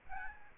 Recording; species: mosquito wingbeat signal from an infrared sensor; Aedes albopictus